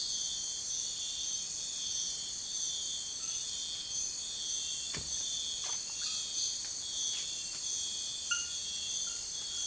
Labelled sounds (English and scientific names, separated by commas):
none